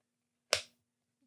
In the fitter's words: no you know when you hear that click that your phone is just locked in